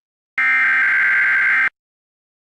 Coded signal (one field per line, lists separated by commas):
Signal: Emergency Alert System (SAME) tones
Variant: header bursts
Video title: Sketch Gang TV Interrupted by an EAS (FAKE)